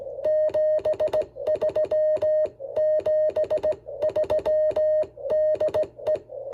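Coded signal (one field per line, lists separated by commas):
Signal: Morse code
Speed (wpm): 17 wpm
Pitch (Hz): 620 Hz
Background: music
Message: 73 73 DE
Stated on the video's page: SKCC CW contact using a Venus SW-3B at 5 watts, cobweb antenna at 18 feet, Kent straight key.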